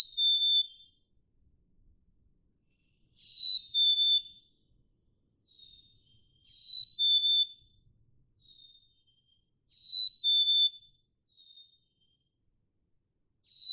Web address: birdsongforthecurious Black-capped Chickadee